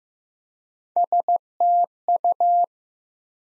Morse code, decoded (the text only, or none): STU